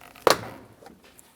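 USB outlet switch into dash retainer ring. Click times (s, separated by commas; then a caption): 0.3 s. A plastic USB outlet switch is lined up and pushed into its dash retainer ring in a 2003-2025 Chevrolet Express 2500. After a few faint ticks, a sharp snap lands at 0.3 s, followed by a quiet tick near 1.2 s. The switch seats and is pulled to check that it is locked in.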